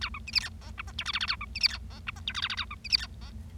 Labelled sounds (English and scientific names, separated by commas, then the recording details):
Bengalese Finch (Lonchura striata domestica) song
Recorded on 25 March 2012 at 10:33
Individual gy6or6